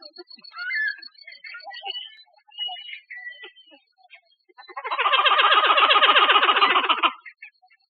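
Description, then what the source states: Pied-billed grebe call, a loud, harsh burst of rapid pulses lasting about two seconds, preceded by scattered softer clucks and short notes. Recorded 27 June 2004.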